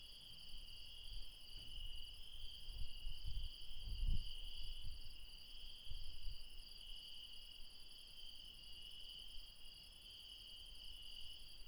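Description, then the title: Insects trilling continuously in high layered tones, while low rumbling bumps and rustles rise and fall midway through. Late night in the mountains at Refuge Krevatia, Barbala, Dion, Greece. "Refuge Krevatia, Μπαρμπαλά, Dion 601 00, Greece - Late night mountain insects"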